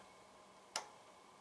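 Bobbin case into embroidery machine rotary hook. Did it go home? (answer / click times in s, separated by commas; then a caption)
yes / 0.8 s. A bobbin case is inserted sideways into the rotary hook of a Ricoma MT-1501 embroidery machine and snaps into place with a sharp click at 0.8 s, confirming it is seated. A fainter tick follows at 1.4 s over a steady low background hum.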